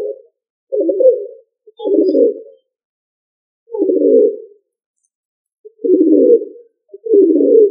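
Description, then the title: Pigeon cooing: six low, husky, rolling coos spaced about one to two seconds apart, nothing else audible. "Familia ColumbidaePomba"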